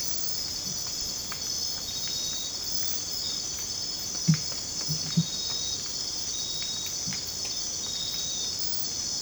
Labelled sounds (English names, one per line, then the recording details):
none
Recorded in dense forest near Puerto Asís, Putumayo, Colombia, on 22 December 2024 at 22:00
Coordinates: 0.484, -76.317
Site G026